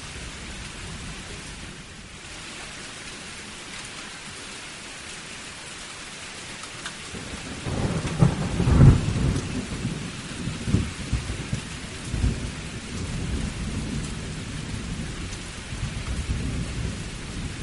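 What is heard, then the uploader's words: A storm with steady rain hissing across the whole clip. Around eight seconds a low rumble of thunder swells in, peaking near nine seconds and rolling on in uneven waves through the end, deeper and louder than the quiet opening. Soothing Storm Ambience.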